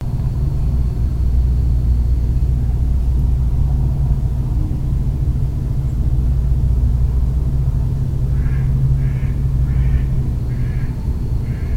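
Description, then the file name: Caspian Terns calling: about five harsh, rasping notes in quick succession near the end, heard over a constant heavy low rumble. Night migrants, 2 May 2012. "Caspian Terns Night Migrants AA MD 20120502"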